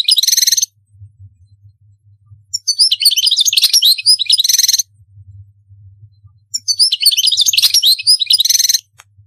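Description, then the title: European goldfinch song in repeated bursts of about two seconds of tinkling and twittering, separated by pauses with a low hum. "Chant Chardonneret"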